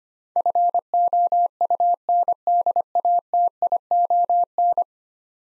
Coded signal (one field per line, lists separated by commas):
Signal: Morse code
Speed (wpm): 25 wpm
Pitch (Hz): 700 Hz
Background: none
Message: FOUNDATION